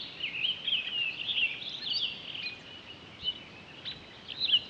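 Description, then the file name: Townsend's solitaire song, a run of high, fluid warbled notes at first, then sparser short high notes, over quiet hiss. Recorded 23 October 2011. "20111023 townsends-solitaire"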